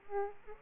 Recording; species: mosquito wingbeat signal from an infrared sensor; Aedes aegypti